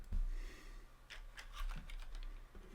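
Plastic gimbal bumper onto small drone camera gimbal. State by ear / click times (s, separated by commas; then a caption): not seated / none. A StartRC Neo plastic gimbal bumper is handled and lined up between the grooves of a small drone camera gimbal, making a series of light, sharp plastic taps and clicks from about 1.1 to 2.2 seconds over a quiet background. The bumper has not seated or snapped home yet.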